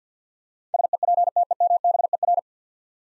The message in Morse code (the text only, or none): SEPTEMBER